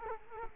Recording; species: mosquito wingbeat signal from an infrared sensor; Culex quinquefasciatus